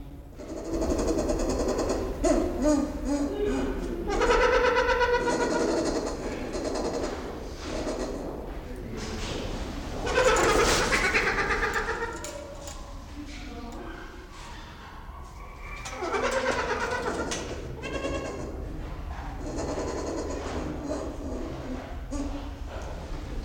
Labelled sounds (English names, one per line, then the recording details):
White-crowned Hornbill
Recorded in captivity
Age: adult
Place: Zoo Berlin, Berlin, DE
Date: 1992-12-05 11:42
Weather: schwach sonnig, ca. 4°C
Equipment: Marantz CP 430, Sennheiser ME 80, Kopie Tesla B 116
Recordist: Tembrock, Günter